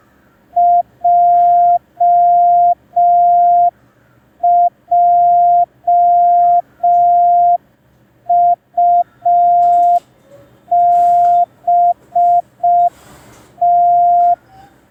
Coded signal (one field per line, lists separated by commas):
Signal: Morse code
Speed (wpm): 5 wpm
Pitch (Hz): 700 Hz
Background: none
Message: JJUBT